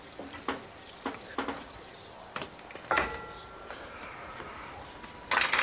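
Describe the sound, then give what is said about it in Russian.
A steady sizzling hiss runs underneath scattered clinks and scrapes of a fork and knife against a baking tray as a roast chicken taken from the oven is lifted onto a platter in a kitchen, with one ringing clank midway and a louder clatter at the end. “Перекладывает на блюдо.”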